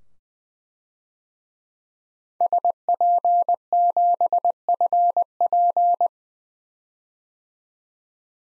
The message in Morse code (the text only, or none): SP7FP